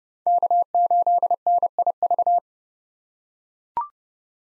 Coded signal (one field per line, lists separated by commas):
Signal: Morse code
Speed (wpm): 31 wpm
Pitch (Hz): 700 Hz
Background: none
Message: K8NIV